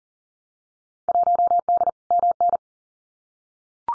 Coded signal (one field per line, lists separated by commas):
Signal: Morse code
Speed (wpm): 42 wpm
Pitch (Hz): 700 Hz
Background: none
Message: 1D MN